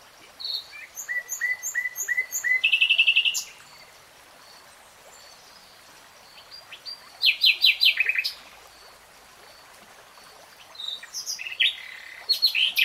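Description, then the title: Nightingale song in three bursts: repeated whistled notes leading to a buzzy trill, then fast chattering phrases separated by pauses. Singing, in a 3-hour real-time recording. "[Tiếng chim hót] Nightingale Singing"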